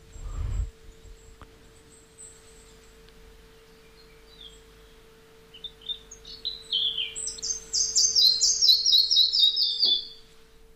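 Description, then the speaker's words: Red-breasted flycatcher song: a few faint high notes, then a series of bright, sweet phrases falling in pitch. Song played back, described as characteristic, a mix of chiffchaff and wren sounds. "Ja, dat is een soort mengeling van een tjiftjaf en een winterkoninkje."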